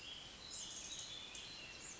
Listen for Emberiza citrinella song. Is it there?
no